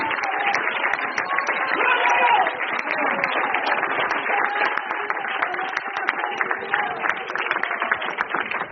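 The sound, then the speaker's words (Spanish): Many hands clap continuously at a church service, with the preacher clapping along, in a dense, steady patter of sharp slaps, with murmuring crowd voices mixed underneath throughout. “Por eso yo aplaudo con libertad, mírense.”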